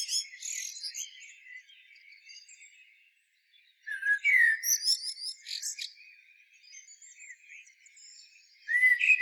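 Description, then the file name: Common blackbird song: short fluted phrases mixed with bursts of high, thin chattering notes, separated by pauses. "Turdus merula"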